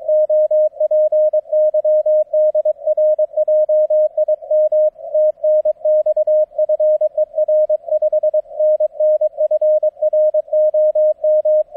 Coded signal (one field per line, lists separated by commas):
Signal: Morse code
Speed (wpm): 23 wpm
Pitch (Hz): 620 Hz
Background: none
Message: OP Y DR JIM TNX FER 5NN FROM